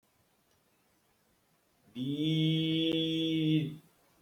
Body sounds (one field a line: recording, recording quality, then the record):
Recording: sustained vowel as in beet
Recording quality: excellent, no background noise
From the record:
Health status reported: healthy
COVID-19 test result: negative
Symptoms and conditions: diabetes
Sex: male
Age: 54 years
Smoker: not ticked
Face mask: not worn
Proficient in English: yes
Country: India